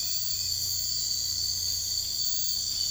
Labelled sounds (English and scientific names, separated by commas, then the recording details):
none
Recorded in dense forest near Puerto Asís, Putumayo, Colombia, on 13 March 2025 at 04:30
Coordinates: 0.485, -76.318
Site G056